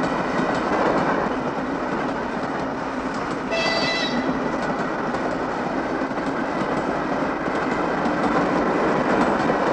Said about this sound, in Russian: Анфиса смотрит на проезжающий мимо градирен поезд.